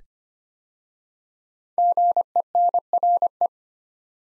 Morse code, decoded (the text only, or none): GENRE